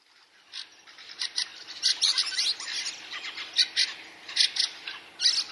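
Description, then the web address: Fieldfare giving a scratchy, chattering song of grating bursts that start quietly, then continue in irregular loud clumps to the end. Recorded in spring 2024, week 20. "huomenet-kevat-2024 viikko-20-lintujen-laulu lintujen-laulu rakattirastas räkättirastas"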